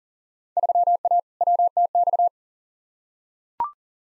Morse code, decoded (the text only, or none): 3A WTX